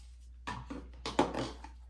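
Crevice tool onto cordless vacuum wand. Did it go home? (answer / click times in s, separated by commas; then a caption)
yes / 1.1 s, 1.2 s. A plastic crevice tool is pushed onto the nozzle end of the wand of a Tineco S10 cordless vacuum. A few soft rustling bumps lead up to two sharp clicks at 1.1 and 1.2 seconds, then some lighter handling noise. The tool clicks into place and is seated.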